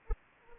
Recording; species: mosquito wingbeat signal from an infrared sensor; Anopheles arabiensis